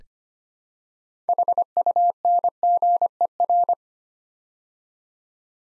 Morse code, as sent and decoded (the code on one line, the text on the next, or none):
.... ..- -. --. . .-.
HUNGER